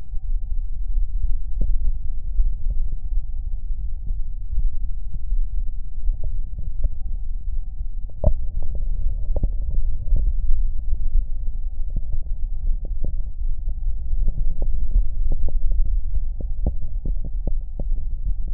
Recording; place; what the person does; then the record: lung sounds by stethoscope; left anterior apical chest; quiet breathing, then deep breathing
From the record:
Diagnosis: interstitial lung disease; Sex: male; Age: 61 years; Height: 172 cm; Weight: 71 kg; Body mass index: 24.0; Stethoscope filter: extended mode